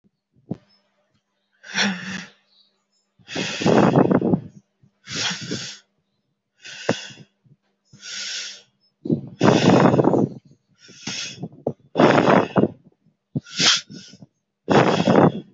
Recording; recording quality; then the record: deep breathing; excellent, no background noise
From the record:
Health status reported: healthy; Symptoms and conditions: hypertension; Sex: male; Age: 49 years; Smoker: not ticked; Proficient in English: yes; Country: India